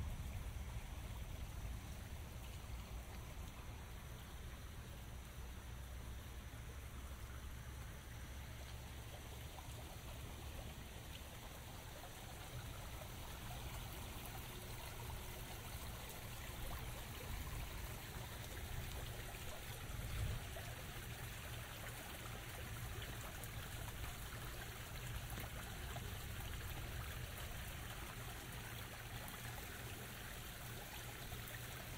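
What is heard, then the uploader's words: Light rain falls in a forest, a steady dense patter and trickle that stays even for the whole stretch. A low rumble hums underneath throughout, and a brief soft knock stands out around the twentieth second. Walking Through A Forest. Sounds of a forest during light rain.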